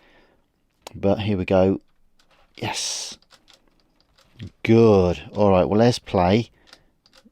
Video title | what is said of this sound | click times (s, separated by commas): Hitachi TRK-8050 Seized Cassette. Radio Cassette Repair. New Belts | uh doesn't lock in yet though | none